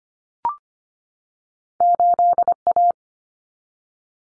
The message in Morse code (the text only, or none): 8A